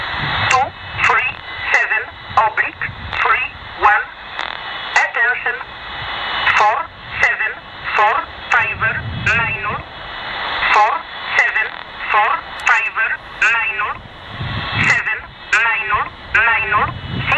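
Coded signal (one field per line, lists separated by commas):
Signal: numbers station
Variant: E11 Oblique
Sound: a voice reading short words at a steady pace over noisy radio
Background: radio static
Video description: The one heard here is E11 "Oblique" which is said to be originating from Poland.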